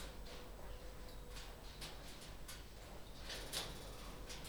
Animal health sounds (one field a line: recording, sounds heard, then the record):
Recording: poultry house recording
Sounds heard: no chicken sound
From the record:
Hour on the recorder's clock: 21